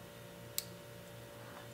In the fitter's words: and just push it until it clicks and then it shouldn't come out so